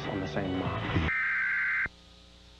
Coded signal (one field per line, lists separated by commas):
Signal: Emergency Alert System (SAME) tones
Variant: header bursts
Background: speech